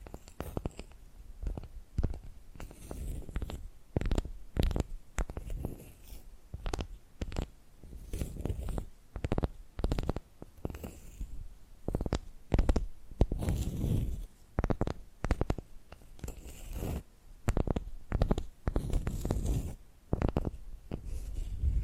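Quick, irregular tapping and scratching sounds come in dense bursts with brief pauses, some strikes sharp and bright, others low and thumping.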